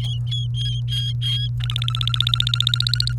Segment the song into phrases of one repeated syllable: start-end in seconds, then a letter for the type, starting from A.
0.00-1.48 A, 1.60-3.13 B